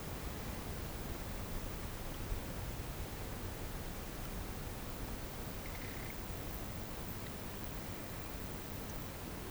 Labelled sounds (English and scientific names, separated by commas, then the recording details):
none
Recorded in pastures near Puerto Asís, Putumayo, Colombia, on 21 March 2025 at 11:30
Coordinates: 0.472, -76.329
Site G074